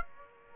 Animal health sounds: mosquito wingbeat signal from an infrared sensor; Aedes aegypti

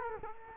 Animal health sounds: mosquito wingbeat signal from an infrared sensor; Culex quinquefasciatus

